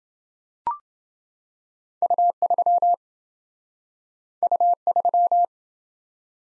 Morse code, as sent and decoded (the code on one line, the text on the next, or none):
..- ...-- / ..- ...--
U3 U3